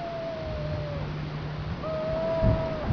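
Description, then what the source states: Zino's petrel giving two long, drawn-out moaning wails at a steady mid pitch. Madeira.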